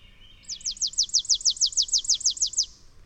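Bird song: a brief soft note leads into a ringing two-second trill of high, downward-sweeping notes delivered at a brisk, regular pace.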